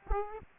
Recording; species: mosquito wingbeat signal from an infrared sensor; Aedes aegypti